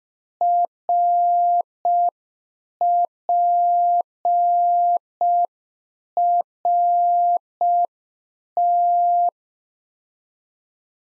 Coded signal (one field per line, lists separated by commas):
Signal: Morse code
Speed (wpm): 5 wpm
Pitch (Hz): 700 Hz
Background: none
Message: RPRT